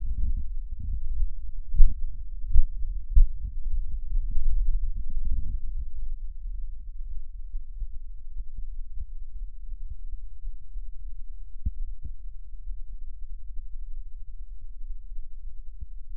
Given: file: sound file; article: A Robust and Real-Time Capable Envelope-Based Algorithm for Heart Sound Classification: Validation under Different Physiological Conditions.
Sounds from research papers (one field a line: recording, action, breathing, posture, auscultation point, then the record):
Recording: heart sounds by electronic stethoscope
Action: rest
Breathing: normal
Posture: sitting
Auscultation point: left side of the back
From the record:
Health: healthy, no known heart disease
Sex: male